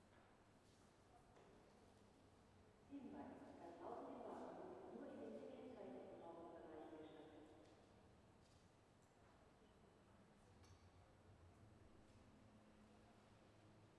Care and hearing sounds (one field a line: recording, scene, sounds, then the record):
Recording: everyday scene through a hearing-aid microphone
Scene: reverberant space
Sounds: announcement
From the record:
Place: railway station hall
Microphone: behind the ear, left, rear